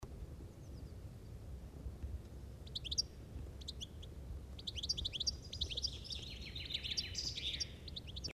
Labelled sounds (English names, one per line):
European Goldfinch song
Common Chaffinch